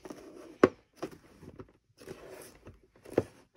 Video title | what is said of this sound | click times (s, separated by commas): HP All-In-One PC Model: 20-C434 Memory Upgrade: How to replace 4GB with 8GB DDR4-2666 SODIMM | and you'll hear it clicking together all right let | 0.6 s, 3.2 s